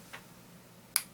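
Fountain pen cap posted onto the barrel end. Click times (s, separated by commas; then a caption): 1.0 s. A fountain pen cap is posted onto the back end of a cartridge/converter fountain pen's barrel, and a raised band on the barrel snaps inside the cap. A soft tick at about 0.1 s is followed by one sharp click at 0.96 s. The cap seats in place and will not fall off.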